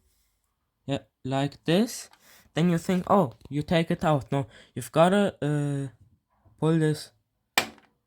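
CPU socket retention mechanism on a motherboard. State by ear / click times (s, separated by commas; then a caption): released / 7.6 s. Someone talks while pulling the CPU socket retention lever/bracket back on a motherboard to free the processor. A single sharp pop sounds at 7.6 s as the retention mechanism pops open, releasing the CPU so it can be safely taken out.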